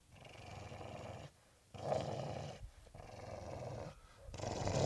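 Pit bull: dog giving low, rough growls in long rumbling stretches separated by short pauses.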